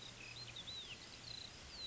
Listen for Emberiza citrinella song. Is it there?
no